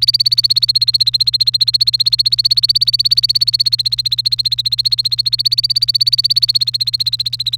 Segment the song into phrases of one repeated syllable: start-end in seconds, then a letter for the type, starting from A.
0.00-7.56 A